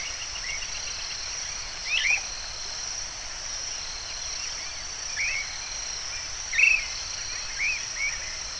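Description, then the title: Bird singing a series of brief whistled notes, some rising and some falling, at irregular intervals over a continuous high buzzing hiss. "LuckyPassaro Completos2Sama"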